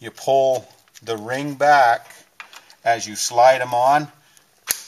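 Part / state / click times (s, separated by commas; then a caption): hydraulic hose quick coupler onto tractor quick connect nipple / seated / 4.7 s. A hydraulic hose quick coupler is slid onto the tractor's quick connect nipple with its ring pulled back, while someone talks through most of the clip. At 4.7 s a single sharp metallic click is heard as the coupler snaps home and seats.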